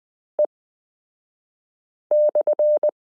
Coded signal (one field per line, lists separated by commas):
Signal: Morse code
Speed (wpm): 20 wpm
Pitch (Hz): 600 Hz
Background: none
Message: E/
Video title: Morse Code Listening Lesson 24 - i (.)period n j e f (0)zero y (,)comma v g 5 (/)slash q